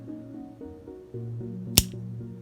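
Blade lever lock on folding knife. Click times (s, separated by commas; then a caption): 1.8 s. The blade of a vintage Victorinox Hercules Swiss Army Knife is moved slowly until its lever lock moves forward and engages with a single sharp, bright click at 1.8 s, over a steady tonal background. The blade is locked into place.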